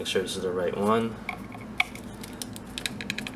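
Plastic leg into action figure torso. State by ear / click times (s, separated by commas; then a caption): not seated / none. Someone talks while lining up the first plastic leg of a Marvel Legends Mandroid build-a-figure from the Captain America series with the hip socket of its torso. Small sharp plastic handling ticks follow at about 1.8, 2.8, 2.9 and 3.1 seconds. Nothing has seated or clicked into place yet.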